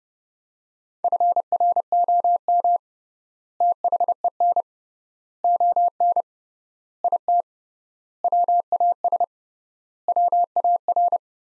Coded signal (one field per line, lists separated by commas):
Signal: Morse code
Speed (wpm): 31 wpm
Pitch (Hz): 700 Hz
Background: none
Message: FROM THEN ON IT WAS WAR